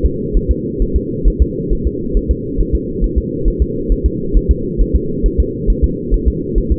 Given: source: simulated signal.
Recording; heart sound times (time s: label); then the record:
fetal heart sounds
0.06 s: S2
0.37 s: S1
0.51 s: S2
0.82 s: S1
0.96 s: S2
1.28 s: S1
1.42 s: S2
1.73 s: S1
1.87 s: S2
2.17 s: S1
2.31 s: S2
2.61 s: S1
2.75 s: S2
3.04 s: S1
3.18 s: S2
3.48 s: S1
3.62 s: S2
3.92 s: S1
4.06 s: S2
4.37 s: S1
4.51 s: S2
4.81 s: S1
4.96 s: S2
5.26 s: S1
5.40 s: S2
5.70 s: S1
5.84 s: S2
6.14 s: S1
6.28 s: S2
6.58 s: S1
6.72 s: S2
From the record:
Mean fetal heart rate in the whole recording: 135 bpm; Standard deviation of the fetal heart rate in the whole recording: 3 bpm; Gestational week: 36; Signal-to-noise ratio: -6.6 dB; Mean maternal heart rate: 72 bpm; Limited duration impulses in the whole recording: present